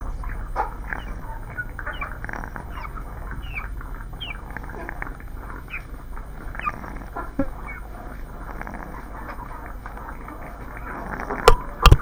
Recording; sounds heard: poultry house recording; sick chickens (respiratory disease)